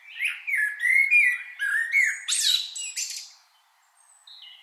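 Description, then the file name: Common blackbird song: a loud run of warbling, fluty whistles with a bright, chattering high-pitched ending, then near silence. "Turdus merula"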